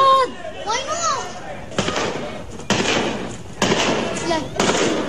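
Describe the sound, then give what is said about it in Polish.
A large migrating flock of storks calls in high, wavering cries, then four loud gunshots from hunters boom out about a second apart, each trailing off in a rough, noisy rumble while the birds continue. “Całe wielkie migrujące stado ptaków i w tle kanonada. Myśliwi, którzy strzelają z broni w zasadzie wszystkich kalibrów.”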